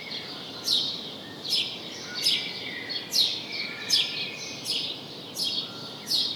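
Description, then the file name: House sparrow giving loud, sharp chirps roughly every three-quarters of a second, somewhat uneven in spacing, over a low hiss. "Passer domesticus"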